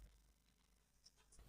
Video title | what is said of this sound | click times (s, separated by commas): Computer Assembly Tutorial in Hindi (पुर्जे पहचानो और खुद का कंप्यूटर बनाओ!) | 16 16 जीबी का दो स्टिक का आपका रम है सो 32 जी का इसको हमको फिट कर देते हैं फटाक | 1.1 s